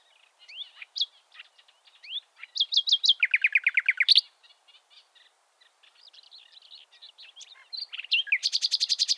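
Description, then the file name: Common nightingale delivering varied phrases, rising whistles and a rapid trill of repeated notes, then softer twitters and a final fast, high rattling series. "Luscinia megarhynchos"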